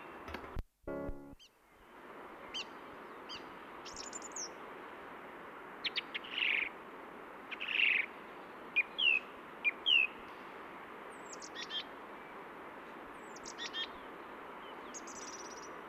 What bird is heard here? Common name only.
Song Thrush